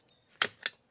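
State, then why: Seated. A factory-style rocker switch for Supernova Infinite 8.5 LED driving lights on a 2021 Isuzu D-Max is pushed one-handed into its switch-blank slot in the plastic dash panel. A sharp click at 0.4 s is followed by a second, softer click at 0.7 s. The switch is seated in the panel.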